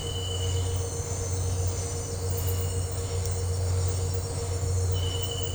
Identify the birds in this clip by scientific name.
none